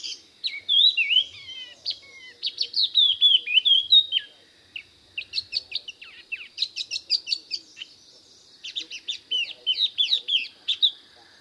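Spot-throated babbler giving bursts of quick whistled and chirping phrases separated by short pauses, notes rising and falling rapidly in a lively, varied sequence.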